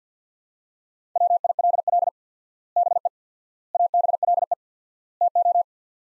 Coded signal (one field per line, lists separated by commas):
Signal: Morse code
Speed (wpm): 50 wpm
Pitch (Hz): 700 Hz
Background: none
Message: WILL BE ABLE TO